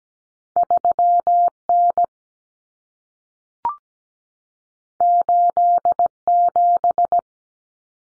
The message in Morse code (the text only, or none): 3N 87